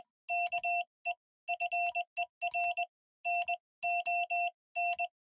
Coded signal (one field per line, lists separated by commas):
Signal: Morse code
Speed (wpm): 19 wpm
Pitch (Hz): 700 Hz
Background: none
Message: KE FER NON